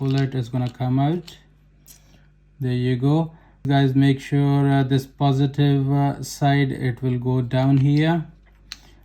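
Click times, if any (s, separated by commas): 8.7 s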